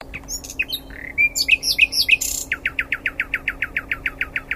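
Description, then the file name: Common nightingale song: varied chirps and rich, fluty squeaks, then a long, rhythmic series of many sharp repeated notes delivered rapidly, over a faint steady hum. "Luscinia megarhynchos"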